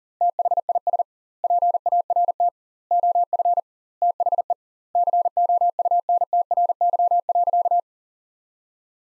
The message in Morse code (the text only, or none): THIS PART OF THE COUNTRY.